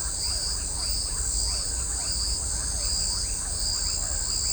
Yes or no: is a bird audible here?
no